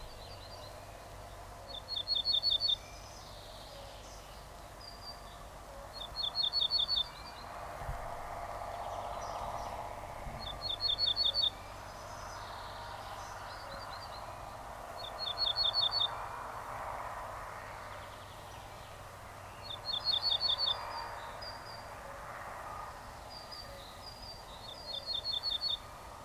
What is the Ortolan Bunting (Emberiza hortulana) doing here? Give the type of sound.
song